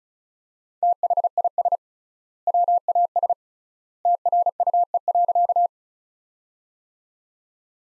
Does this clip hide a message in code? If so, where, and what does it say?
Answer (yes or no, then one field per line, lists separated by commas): yes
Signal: Morse code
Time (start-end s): 0.8-5.7 s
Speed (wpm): 34 wpm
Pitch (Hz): 700 Hz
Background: none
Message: THIS WAS TRUE.